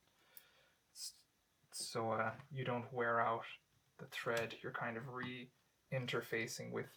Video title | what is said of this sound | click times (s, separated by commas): Gameboy Advance Screen Swap and Clean | to left till I hear and feel a click | 0.4 s